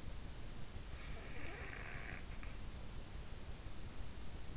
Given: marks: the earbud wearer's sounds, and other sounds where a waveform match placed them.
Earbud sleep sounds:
sounds in sleep by an in-ear microphone; snoring breath
1.00-2.60 s: snoring breath

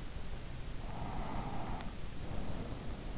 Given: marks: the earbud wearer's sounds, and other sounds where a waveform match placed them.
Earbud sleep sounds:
sounds in sleep by an in-ear microphone; breath
0.58-3.15 s: breath

